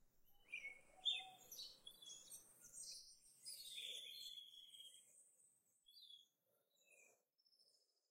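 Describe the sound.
Bird calls, a burst of high, thin chirps and tweets tumbling over one another for about four seconds, then sparse faint notes trailing off.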